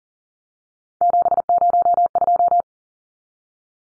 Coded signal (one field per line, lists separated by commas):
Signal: Morse code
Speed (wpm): 40 wpm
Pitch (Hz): 700 Hz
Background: none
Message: 702